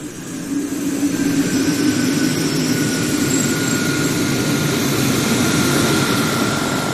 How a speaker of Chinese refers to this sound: 1965年7月20号上午11点，一架银灰色的波音飞机降落在北京首都机场。